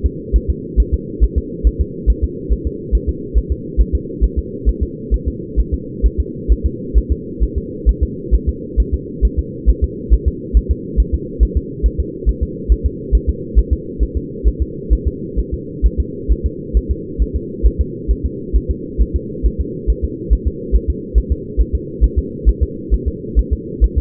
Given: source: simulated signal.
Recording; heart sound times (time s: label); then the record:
fetal heart sounds
0.06 s: S2
0.36 s: S1
0.50 s: S2
0.80 s: S1
0.94 s: S2
1.24 s: S1
1.38 s: S2
1.67 s: S1
1.81 s: S2
2.10 s: S1
2.24 s: S2
2.53 s: S1
2.67 s: S2
2.95 s: S1
3.09 s: S2
3.38 s: S1
3.52 s: S2
3.81 s: S1
3.95 s: S2
4.24 s: S1
4.39 s: S2
4.69 s: S1
4.83 s: S2
5.14 s: S1
5.28 s: S2
5.60 s: S1
5.74 s: S2
6.06 s: S1
6.20 s: S2
6.52 s: S1
6.66 s: S2
6.98 s: S1
7.12 s: S2
7.43 s: S1
7.58 s: S2
7.89 s: S1
8.03 s: S2
8.35 s: S1
8.49 s: S2
8.80 s: S1
8.94 s: S2
9.25 s: S1
9.39 s: S2
9.70 s: S1
9.84 s: S2
10.14 s: S1
10.28 s: S2
10.57 s: S1
10.71 s: S2
11.00 s: S1
11.14 s: S2
11.43 s: S1
11.57 s: S2
11.86 s: S1
12.00 s: S2
12.29 s: S1
12.43 s: S2
12.72 s: S1
12.86 s: S2
13.15 s: S1
13.29 s: S2
13.59 s: S1
13.73 s: S2
14.03 s: S1
14.17 s: S2
14.48 s: S1
14.62 s: S2
14.93 s: S1
15.07 s: S2
15.39 s: S1
15.54 s: S2
15.86 s: S1
16.00 s: S2
16.32 s: S1
16.46 s: S2
16.77 s: S1
16.91 s: S2
17.22 s: S1
17.36 s: S2
17.67 s: S1
17.81 s: S2
18.11 s: S1
18.25 s: S2
18.56 s: S1
18.71 s: S2
19.02 s: S1
19.16 s: S2
19.46 s: S1
19.61 s: S2
19.90 s: S1
20.05 s: S2
20.33 s: S1
20.47 s: S2
20.76 s: S1
20.90 s: S2
21.18 s: S1
21.32 s: S2
21.61 s: S1
21.75 s: S2
22.04 s: S1
22.19 s: S2
22.49 s: S1
22.63 s: S2
22.94 s: S1
23.08 s: S2
23.39 s: S1
23.53 s: S2
23.84 s: S1
23.98 s: S2
From the record:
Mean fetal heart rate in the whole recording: 135 bpm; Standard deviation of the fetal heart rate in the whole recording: 3 bpm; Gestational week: 34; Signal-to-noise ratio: -4.1 dB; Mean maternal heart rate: no maternal heart sound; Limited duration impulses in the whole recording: absent